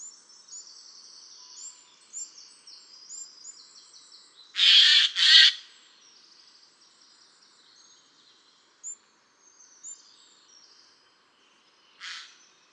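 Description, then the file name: Eurasian jay calling a quick pair of rough, grating screeches, then a weaker single one later; high twittering of other birds fills the background. "Garrulus glandarius"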